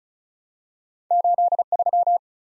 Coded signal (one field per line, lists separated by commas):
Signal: Morse code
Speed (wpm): 36 wpm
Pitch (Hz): 700 Hz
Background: none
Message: 83